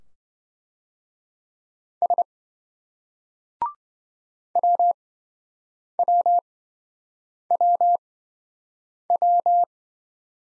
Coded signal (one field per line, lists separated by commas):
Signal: Morse code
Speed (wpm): 26 wpm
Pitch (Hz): 700 Hz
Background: none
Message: S WWWW